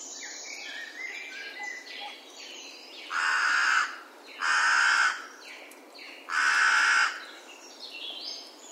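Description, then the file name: Carrion crow giving three harsh caws, with faint chirping of other birds in the background. "Corvus corone"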